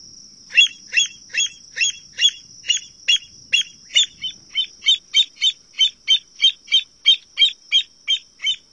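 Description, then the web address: American avocet calling in a rapid, insistent series of sharp piping notes, about three per second, continuing throughout against a steady thin high whine. "Songs of Birds of North America Stokes. American Avocet"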